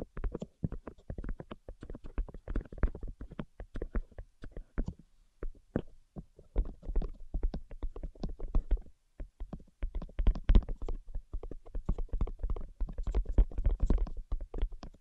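Rapid, dense tapping runs almost the whole time in quick irregular bursts, each tap a short crisp click with a soft low thump beneath. The flurries pause briefly around five and nine seconds, then pick up again, busiest near the end. No voice is heard.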